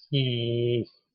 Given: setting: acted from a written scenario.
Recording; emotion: vocal sound without words; sadness